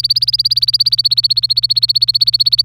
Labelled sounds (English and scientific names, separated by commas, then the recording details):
Domestic Canary (Serinus canaria) song
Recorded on 25 April 2018 at 16:15
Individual llb3